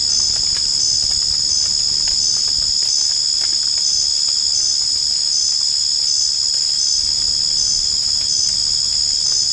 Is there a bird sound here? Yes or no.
no